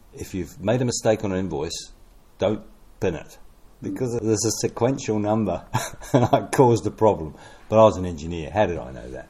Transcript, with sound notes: If you’ve made a mistake on an invoice, don’t bin it, because there’s a sequential number. And [chuckle] I caused a problem, but I was an engineer, how do I know that?